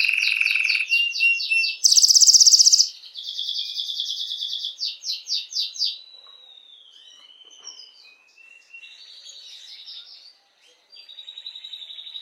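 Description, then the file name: Canary song in rapid trilled tours: a high rattling roll, a harsh buzzing burst, then pulsed rolling phrases that fade into softer twittering. Belgian mosaic canary. "canto do canario belga mosaico"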